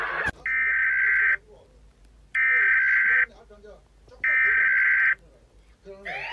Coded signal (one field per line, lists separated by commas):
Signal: Emergency Alert System (SAME) tones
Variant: header bursts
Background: speech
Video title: Eas alarm animated MIXED series 1,2,3 (33 episodes)